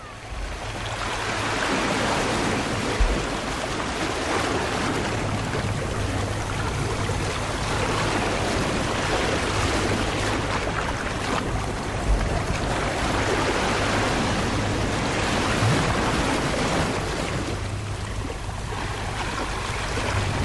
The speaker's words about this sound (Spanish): Vaya, esto es como si hubiera metido uno la cabeza dentro del agua, ahí donde rompen las olas. ¿De dónde son estas olas? Bueno, aquí en Málaga llamamos al rompiente, le llamamos rebalaje. Y eso es en Pedregalejo, una de nuestras playas más antiguas.